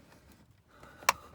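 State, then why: Seated. A new 12.3-inch aftermarket head unit and its plastic surround trim panel are pressed into the tight dash opening of a Toyota FJ Cruiser. After quiet handling noise, a single sharp click sounds at 1.1 s as the unit seats in the dashboard.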